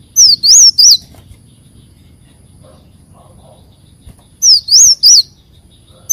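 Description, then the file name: Leafbird song: two bursts of three quick, high, sliding whistled notes, separated by several seconds of near silence, and the start of another burst at the end. "Tieng chim xanh tim"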